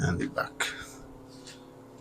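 A plastic cape shoulder cap is handled on a Jada Toys Ultra Street Fighter 2 M. Bison action figure, with its front already in and the back about to be clipped into the torso on the second side. Someone talks briefly over faint handling noise, including a soft tick near 1.5 s. Nothing has seated or clicked yet.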